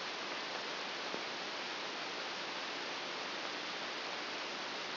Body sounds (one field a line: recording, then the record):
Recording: brain microelectrode recording played as sound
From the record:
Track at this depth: inside the subthalamic nucleus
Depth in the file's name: 1.205 mm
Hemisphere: right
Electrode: 2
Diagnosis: Parkinson's disease